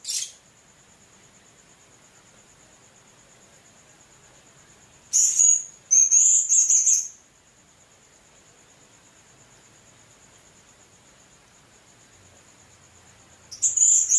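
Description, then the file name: Blue-crowned hanging parrot giving very high, buzzy, shrill bursts near the start, around five seconds and at the end, over a steady thin high whine. "serindit"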